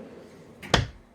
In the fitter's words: you can hear it click, and it holds the drawer shut.